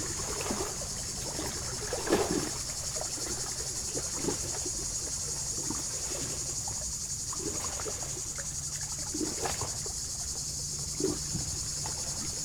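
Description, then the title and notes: A shrill, continuous cicada drone with scattered soft splashes of lapping water and a faint hum of traffic. Hot summer day beside Lac du Bourget, Brison-Saint-Innocent, France; cicadas very active in waterside poplars; water lapping on rocks, traffic on the D991; recorded during a bike stop. "9 Chem. de la Fontaine, 73100 Brison-Saint-Innocent, France - Les cigales. Au bord du lac du Bourget par une chaude journée d'été je suis en vélo, les cigales sont très actives aujourd'hui dans les peupliers du bord de l'eau. cymbalisation des cigales locales"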